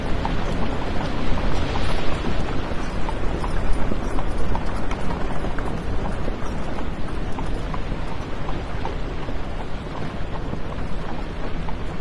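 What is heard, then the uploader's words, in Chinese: A horse-drawn carriage moves along with steady, dense rumbling and rattling, faint regular hoof clops, and a constant low hum underneath. 马车穿行。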